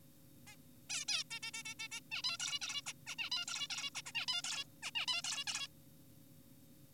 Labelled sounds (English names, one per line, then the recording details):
Zebra Finch
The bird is an adult
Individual g4p5U